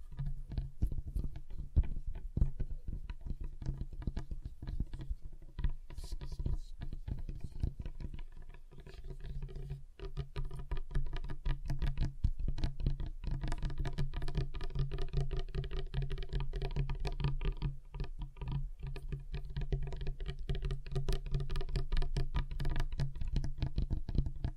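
Fingers tap and patter on a table in dense, quick runs of small clicks that keep going for the full length, with a brief lull near ten seconds. Underneath sits a steady low hum, and the taps grow slightly brighter and busier in the second half.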